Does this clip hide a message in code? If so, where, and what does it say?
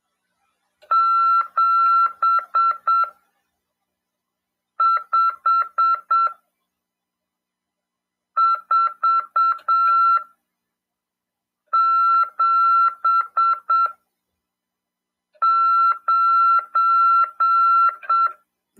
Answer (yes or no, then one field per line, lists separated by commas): yes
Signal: Morse code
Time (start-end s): 0.9-18.3 s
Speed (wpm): 7 wpm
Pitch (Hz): 1350 Hz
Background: none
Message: 75479